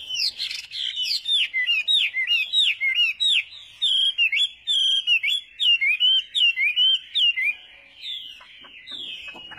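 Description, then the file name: Chinese hwamei song of rapid, richly varied whistled slurs, rising and falling continuously, fading into softer scratchy notes at the end. "Tieng hoa mi hot"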